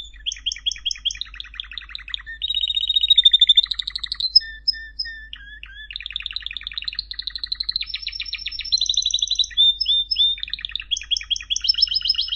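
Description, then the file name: Canary song made of varied rapid trills and chirps, shifting between buzzy rolls and clear repeated whistled notes, with a faint low hum underneath. "Canary Voice"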